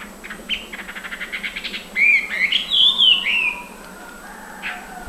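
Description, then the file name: Chinese hwamei singing: a quick run of repeated high notes, then loud, rich whistled phrases sliding up and down, ending with one brief note after a pause. Nominate subspecies canorus, singing at Beishan, Guangxi, China, on 17 January 2012. "Chinese Hwamei Ssp Canorus Song 120117 Guangxi Beishan"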